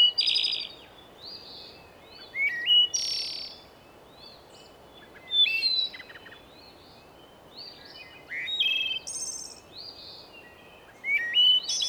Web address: son sons de la nature chant des oiseaux au printemps